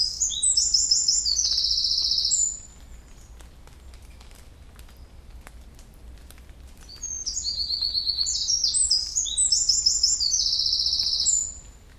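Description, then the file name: Eurasian wren singing, two bursts of very high, rapid trills and sharp notes, the second longer, with a steady low background hum between them. "Troglodytes troglodytes"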